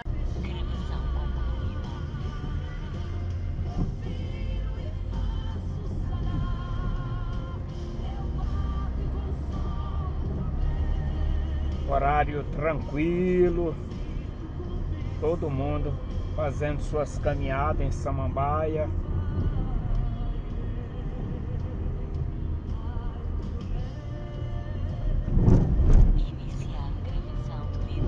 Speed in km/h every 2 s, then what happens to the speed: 17, 13, 18, 22, 26, 27, 28, 29, 28, 27, 27, 22, 24, 26.
2-8 speeds up to 26. 8-28 steady at about 27.